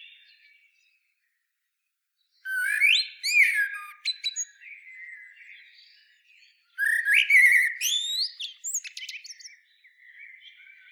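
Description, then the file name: Common blackbird delivering two fluty warbled phrases about four seconds apart, each closing with high twittering squeaks, faint warbling between them. "Turdus merula"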